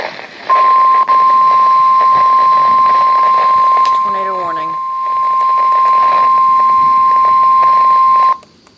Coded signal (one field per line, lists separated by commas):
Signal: Emergency Alert System (SAME) tones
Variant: 1050 Hz attention tone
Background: speech